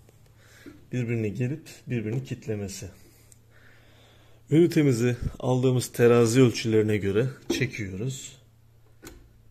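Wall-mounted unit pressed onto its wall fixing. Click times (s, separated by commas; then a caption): 9.1 s. A wall-mounted unit is pulled to its level marks and pressed onto its wall fixing while someone talks. A short, sharp click is heard at 9.1 seconds as the unit locks into place on the mount.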